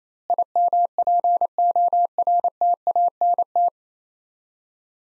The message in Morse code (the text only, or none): IMPORTANT